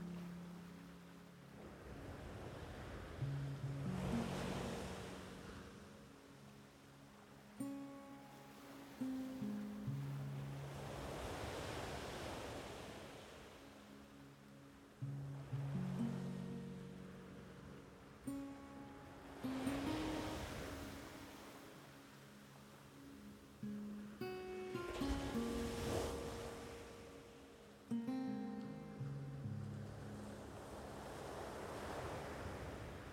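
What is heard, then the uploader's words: Waves swell and break about every five seconds, rushing and fading, while a soft, low pan flute plays slow gliding notes throughout. Relaxing Zen Beach. The sound of the waves, pan flute.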